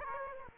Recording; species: mosquito wingbeat signal from an infrared sensor; Aedes aegypti